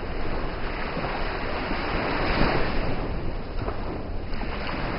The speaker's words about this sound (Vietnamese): Tỉnh dậy nghe tiếng sóng vỗ triền miên.